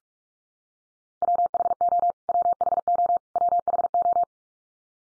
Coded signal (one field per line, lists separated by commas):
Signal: Morse code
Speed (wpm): 44 wpm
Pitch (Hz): 700 Hz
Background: none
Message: WHO WHO WHO